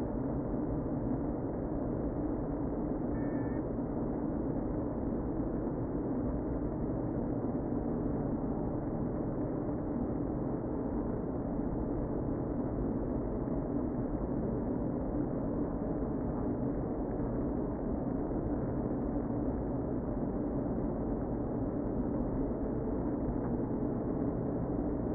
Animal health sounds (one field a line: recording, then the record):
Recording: honeybee colony, microphone inside the hive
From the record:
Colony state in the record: queen present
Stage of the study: before two queens were removed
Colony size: about 60,000 bees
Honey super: yes